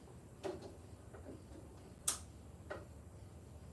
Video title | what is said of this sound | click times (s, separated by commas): 🚀 Day 5 LIVE: How to Wrap Trunk + Roof on a SRT Hellcat Charger 🏁🔥#BigWalkDog #car #wrap | You want to hear it snap, too, when you put it in. | 2.1 s